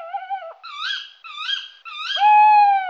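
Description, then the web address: Tawny owl calling: several wavering, tonal hooting notes with rich overtones, ending in one long steady hoot. Recorded in Slovenia. "Strix aluco"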